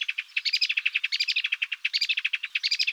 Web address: Hippolais polyglotta